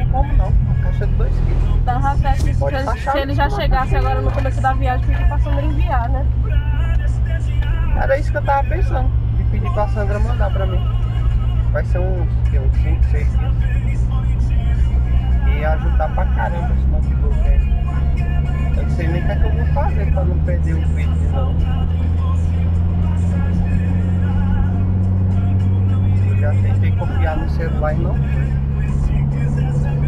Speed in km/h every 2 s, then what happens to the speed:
35, 34, 35, 36, 36, 36, 37, 41, 45, 48, 55, 57, 61, 62, 64.
0-13 steady at about 36. 13-30 speeds up to 64.